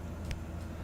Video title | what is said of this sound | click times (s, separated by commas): First Impressions - Geha Champion | see when i cap it it's just not a satisfying sound | 0.3 s